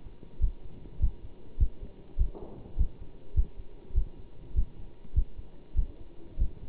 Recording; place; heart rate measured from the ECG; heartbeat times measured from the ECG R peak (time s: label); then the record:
heart sounds by stethoscope; between the tricuspid and mitral areas; 100 bpm
0.40 s: heartbeat
1.00 s: heartbeat
1.59 s: heartbeat
2.18 s: heartbeat
2.77 s: heartbeat
3.35 s: heartbeat
3.94 s: heartbeat
4.55 s: heartbeat
5.15 s: heartbeat
5.76 s: heartbeat
6.38 s: heartbeat
From the record:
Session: bicycle stress test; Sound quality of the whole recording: good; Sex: male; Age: 27 years